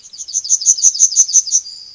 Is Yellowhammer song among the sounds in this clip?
yes